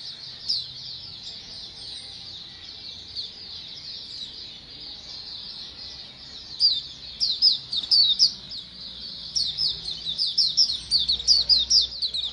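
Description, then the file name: White-eye: soft, high twittering at first, growing into louder, sharp downslurred chirps in quick succession during the second half. A colony of white-eyes calling together. "suara pleci koloni omkicau"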